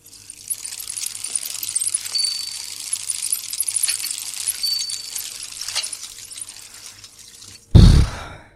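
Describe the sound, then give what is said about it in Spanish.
A phone thrown into the Guadalquivir River on the night of San Juan in 2005 drops into the water with one short, loud splash near the end, after several seconds of steady bright hissing with faint scattered clinks and drips. “El teléfono levantó una salpicadura diminuta y perfecta como la soñada por el mejor saltador de trampolín.”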